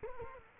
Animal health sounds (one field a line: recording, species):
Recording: mosquito wingbeat signal from an infrared sensor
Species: Culex quinquefasciatus